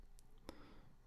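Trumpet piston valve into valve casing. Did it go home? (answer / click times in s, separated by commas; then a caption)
yes / 0.5 s. An oiled trumpet piston valve, reinserted into its metal valve casing, is twisted clockwise until its valve guide drops into its slot with a small, sharp click at 0.5 s, after a fainter tick at 0.2 s. The valve is seated in place.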